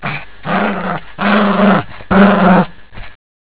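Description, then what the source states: Dog growling: a short snarl, then three long, harsh, snarling growls, then a short final snarl, with no other sounds. Enraged dog.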